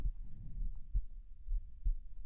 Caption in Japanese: 服の上からだからあんまり聞こえないかもしれないけど。 今日の心臓の音はわりかしおとなしいかも。